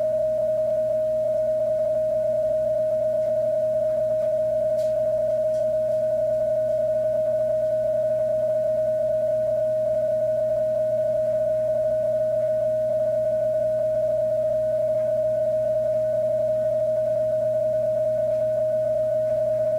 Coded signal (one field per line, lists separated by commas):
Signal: PSK31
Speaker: and i'm using the mixed w software here with the signal link and a ts 50 kenwood transceiver